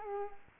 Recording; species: mosquito wingbeat signal from an infrared sensor; Culex quinquefasciatus